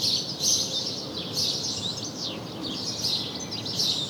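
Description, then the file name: House sparrow chirping, quick bright notes in close succession. "Passer domesticus"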